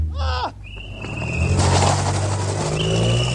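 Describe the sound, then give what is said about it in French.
During an abduction in Coptic Street, London, a short falling cry gives way to a high tire squeal, then a loud engine roar swells as a car accelerates hard and speeds off, with another squeal near the end. “Un enlèvement ! Je n'ai vu que cette voiture là-bas !”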